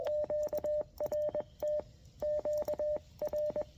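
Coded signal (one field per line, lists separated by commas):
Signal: Morse code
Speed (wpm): 21 wpm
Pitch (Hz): 600 Hz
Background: radio noise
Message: QRT Q R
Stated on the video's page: Morse code from a park activation using a new QRPLabs QMX transceiver.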